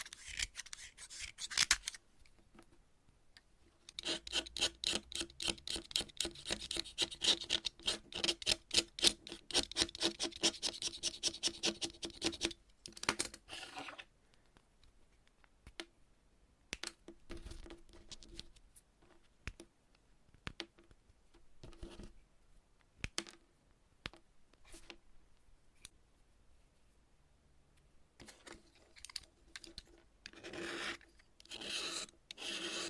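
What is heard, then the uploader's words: Chalk being cut gives dense bursts of crisp scraping and snapping from about 4 to 13 seconds, then sparser clicks before another busy stretch near 30 seconds. Chalk Cutting. No Talking.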